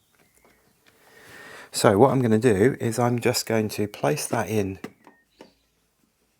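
A plastic Carpuride 7-inch touchscreen motorcycle CarPlay/Android Auto display unit is placed onto a handlebar sat nav mount cradle and lined up before being pushed home. Someone talks through most of the clip, with faint handling noise before the speech and a couple of short, quiet taps near the end. The unit has not clicked into the cradle yet.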